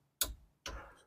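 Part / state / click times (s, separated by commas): torque wrench on a brake assembly bolt / torque reached / 0.2 s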